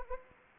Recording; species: mosquito wingbeat signal from an infrared sensor; Anopheles arabiensis